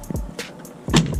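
After its brackets are adjusted, a hard folding BakFlip MX4 tonneau cover panel is dropped onto the bed rails of a Dodge Ram 1500 pickup to test whether it locks. A few light knocks come first, then a loud sharp snap of the latch at 1.0 s. Only one side latches and the other side stays unlocked, likely because its brackets are misaligned and still need adjusting.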